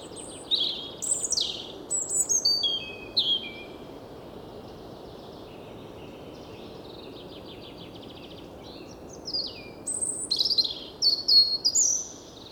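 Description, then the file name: European robin singing two separate phrases of sweet, high, tumbling and descending notes, with a long quiet pause between them over steady soft hiss. "Erithacus rubecula"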